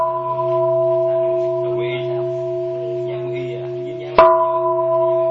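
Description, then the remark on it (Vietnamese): A bell is struck three times, ringing with steady, sustained tones, the last strike sharp near the end, its ring continuing afterward. Faint murmuring sounds sit beneath the resonance. “Bây giờ quý vị lắng nghe nè, đánh 3 tiếng chuông nè.”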